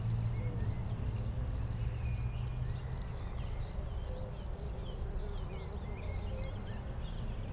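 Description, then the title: Cricket chirping in short repeated bursts of high pulses, with a few thin descending bird notes and a low steady hum underneath. Single cricket, among the first crickets of the season, heard intermittently for a few days, Chindrieux, France. "Chindrieux, France - grillon seul"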